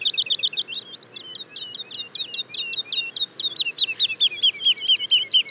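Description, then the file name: Woodlark song: dense overlapping trills of quick whistled notes from two birds, continuous throughout, with phrases interweaving. Daytime song and duet, recorded at Le Puech, France. "alouette lulu chant de jour et duett Le Puech F"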